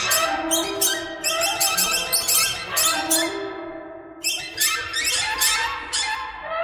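Birds chatter noisily, with rapid harsh squawks and steady harmonic notes overlapping, easing briefly near the four-second mark before resuming.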